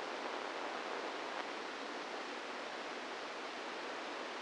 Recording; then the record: brain microelectrode recording played as sound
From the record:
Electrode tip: inside the subthalamic nucleus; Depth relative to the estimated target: 0 mm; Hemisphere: right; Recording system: NeuroSet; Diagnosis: Parkinson's disease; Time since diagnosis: 10 years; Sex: female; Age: 45 years